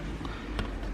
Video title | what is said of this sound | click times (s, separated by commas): Replacing a TOYOTA HILUX Gear Shift Bush | and then turn it and it should lock into spots place | 0.6 s